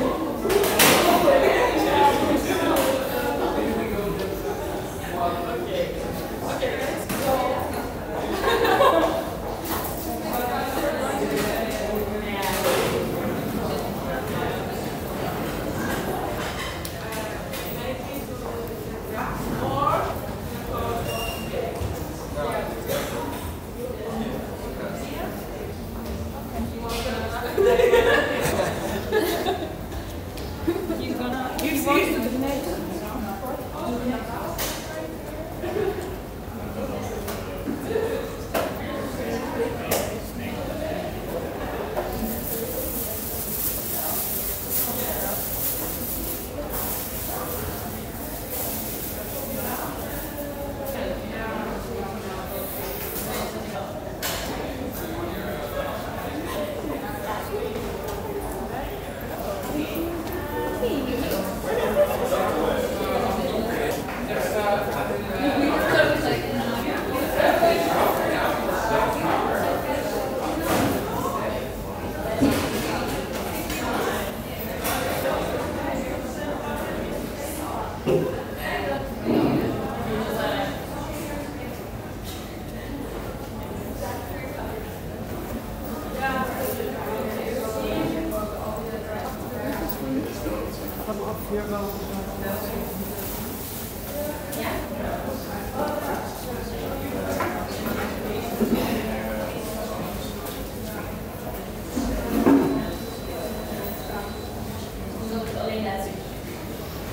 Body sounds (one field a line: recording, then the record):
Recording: background sound without coughing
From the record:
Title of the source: 40 min - Ambience sounds UNIVERSITY lunchroom chatting